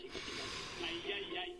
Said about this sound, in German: Atmen Sie mal tief ein.